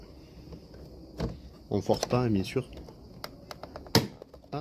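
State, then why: Seated. On a Dacia Spring, the plastic backing of the exterior mirror glass is pressed again onto the adjuster in the mirror housing after failed tries. Someone talks while a few small clicks and rattles sound, then the glass snaps home with a loud sharp click at 4.0 s, and it is seated.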